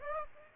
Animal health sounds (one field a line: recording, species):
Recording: mosquito wingbeat signal from an infrared sensor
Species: Aedes aegypti